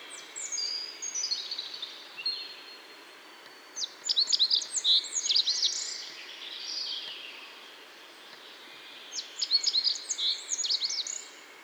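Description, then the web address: Rock bunting song: short, high, thin phrases of quick notes, separated by pauses of a few seconds. Cibra, Valsolda. "cibra valsolda - Zigolo muciatto"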